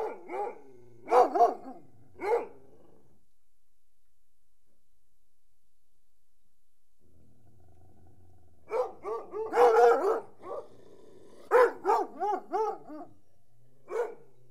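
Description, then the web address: Dog barking in a few short bursts, then several seconds of silence, then a further cluster of sharp, yelping barks. "The BBC Sound Effects Library - Complete 60 CDs Collection Sound Effects Library-38 (Horses # 2 and Dogs)"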